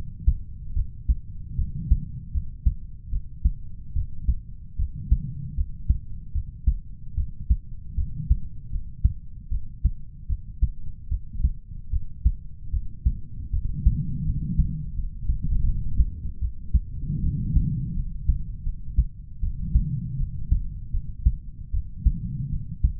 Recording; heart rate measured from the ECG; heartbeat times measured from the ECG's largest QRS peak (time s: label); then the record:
heart sounds by stethoscope; 77 bpm
0.74 s: heartbeat
1.56 s: heartbeat
2.32 s: heartbeat
3.10 s: heartbeat
3.93 s: heartbeat
4.76 s: heartbeat
5.55 s: heartbeat
6.32 s: heartbeat
7.15 s: heartbeat
7.95 s: heartbeat
8.70 s: heartbeat
9.49 s: heartbeat
10.27 s: heartbeat
11.08 s: heartbeat
11.90 s: heartbeat
12.70 s: heartbeat
13.50 s: heartbeat
14.23 s: heartbeat
14.94 s: heartbeat
15.63 s: heartbeat
16.39 s: heartbeat
17.21 s: heartbeat
17.94 s: heartbeat
18.63 s: heartbeat
19.40 s: heartbeat
20.17 s: heartbeat
20.91 s: heartbeat
21.71 s: heartbeat
22.49 s: heartbeat
From the record:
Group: healthy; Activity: rest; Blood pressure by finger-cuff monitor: 93/67 mmHg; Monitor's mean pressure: 74 mmHg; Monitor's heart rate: 77 bpm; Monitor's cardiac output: 5.7 L/min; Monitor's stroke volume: 74 mL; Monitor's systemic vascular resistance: 940 dyn s/cm5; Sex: male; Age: 20 years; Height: 187 cm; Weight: 68.9 kg